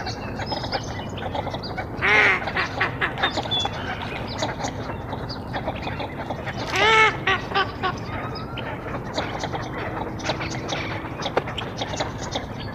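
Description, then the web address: Northern shoveler calls, two loud nasal harmonic bursts a few seconds apart amid softer clicking duck chatter and a steady background hiss. Recorded in Arizona on 22 January 2006. "Ducks Geese Swans NSHO 012206"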